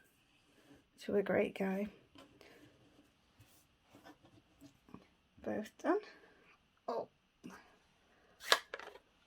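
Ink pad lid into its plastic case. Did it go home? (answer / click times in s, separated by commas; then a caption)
yes / 8.5 s. A crafter closes the plastic case of a stamp ink pad, pressing the lid into its plastic case so the pad does not dry out, while someone talks. A sharp, loud click at 8.5 s marks the case snapping shut and seated.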